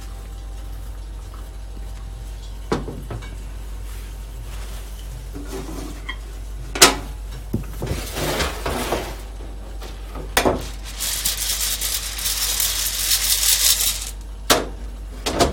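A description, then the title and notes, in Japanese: Roasting Mocha Blend coffee: a steady low hum with sharp cracks every few seconds and bursts of bright hissing, strongest near the end. 今朝は”モカブレンド”を焙煎。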